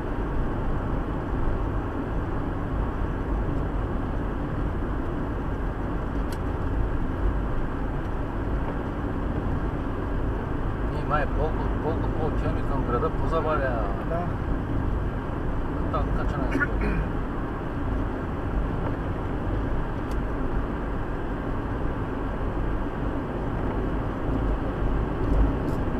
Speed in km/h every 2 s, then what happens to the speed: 80, 79, 78, 80, 80, 79, 79, 79, 80, 81, 82, 83, 85.
0-26 steady at about 80.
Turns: none.